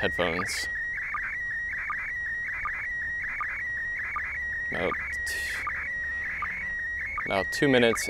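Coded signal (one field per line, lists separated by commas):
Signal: SSTV (slow-scan television)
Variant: PD 180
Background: speech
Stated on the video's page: SSTV image received from the ham radio transmitter aboard the International Space Station.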